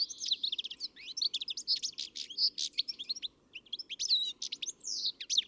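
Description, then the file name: European greenfinch calls, rapid bursts of sharp chirps and twittering with a few longer wheezy notes, tumbling over each other with a brief pause. "Chloris chloris"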